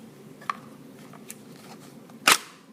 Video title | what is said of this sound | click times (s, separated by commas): Ted_cori ebay kydex holster for an M&P 9c | nice audible click | 2.3 s